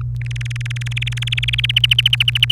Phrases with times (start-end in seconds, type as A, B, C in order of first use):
0.21-1.71 A, 1.76-2.51 B